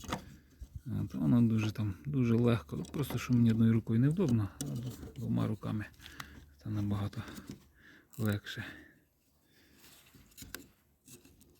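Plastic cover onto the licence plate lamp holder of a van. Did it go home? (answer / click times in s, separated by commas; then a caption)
yes / 10.6 s. Someone talks while pressing a plastic cover with two hands onto the rear licence plate lamp holder of a Fiat Scudo van. A light snap at 10.6 s marks the cover seating on the holder.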